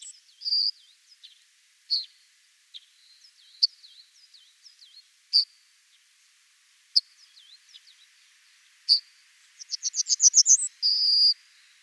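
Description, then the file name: Yellowhammer song: scattered thin calls and faint twitters, then a fast run of several similar high notes and a drawn-out final note. Recorded at Oberwattenbach on 9 February 2014. "Goldammer. Oberwattenbach. Michle Pron"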